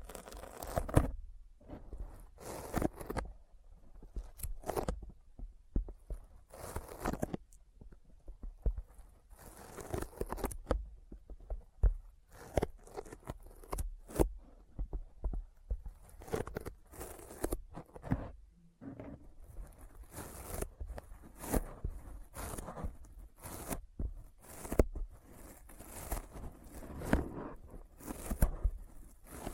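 Sticky finger sounds: dense, irregular bursts of tacky peeling and crackling clicks, some sharp and bright, continuing steadily throughout with brief gaps.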